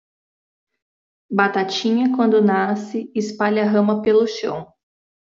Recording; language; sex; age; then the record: short text; Brazilian Portuguese; female; 20 to 29 years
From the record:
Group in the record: control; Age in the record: 27 years